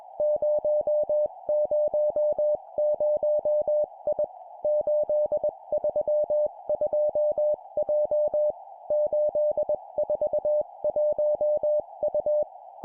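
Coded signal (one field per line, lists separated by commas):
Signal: Morse code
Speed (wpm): 21 wpm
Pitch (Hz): 600 Hz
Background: none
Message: 000I 832J 841U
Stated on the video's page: Morse code course drill at 20 wpm of four-character groups: three numbers then a letter.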